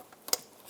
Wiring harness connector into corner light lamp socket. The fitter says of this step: here it click then push that red tab in